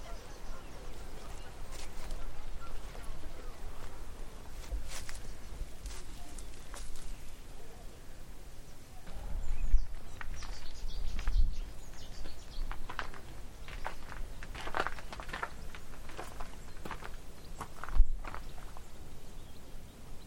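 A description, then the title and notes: Short bird calls from the Avalon Marshes flick out irregularly through a steady rustling bed of sound, with a low rumble underneath. Heavier thumps and scuffs, like footsteps, rise around ten, eleven and eighteen seconds. Eerie birdcalls from the Avalon Marshes. Sun spills over the Avalon Marshes, driving away the last vestiges of winter. Recorded by Fergus Collins.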